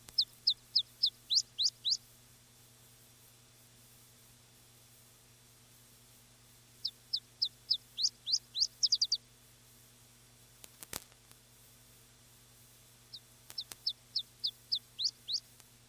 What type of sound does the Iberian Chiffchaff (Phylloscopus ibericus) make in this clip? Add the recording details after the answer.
song. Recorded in the wild. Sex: male. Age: adult. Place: Ramales de la Victoria, Nordspanien, Kantabrien, ES. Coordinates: 43.25, -3.46667. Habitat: meadow with bushes (e.g. blackberry) and small trees. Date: 1964-04-30 17:30. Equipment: Nagra III PH, Parabolspiegelmikrophon, LGS26. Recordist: Sapper and Schneider, H.-J. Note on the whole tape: Phylloscopus collybita brehmii (alte Bezeichnung, inzwischen eigene Art): Gesang. Aufnahmen mit Parabolspiegel direkt am Singbaum des Vogels. Keine Kommentare auf dem Band, da das Aufnahmegerät in den Baum gehangen wurde